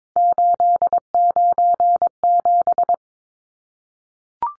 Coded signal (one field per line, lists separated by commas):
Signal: Morse code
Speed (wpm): 22 wpm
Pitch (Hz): 700 Hz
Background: none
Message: 897